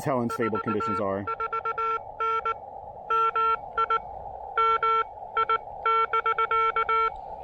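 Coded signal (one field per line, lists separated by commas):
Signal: Morse code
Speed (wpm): 19 wpm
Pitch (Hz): 1350 Hz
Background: speech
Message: 44N MI MI <BK>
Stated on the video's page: Portable QRP POTA park activation with DX contacts, using an Elecraft KX2 and a TufteIn random wire antenna.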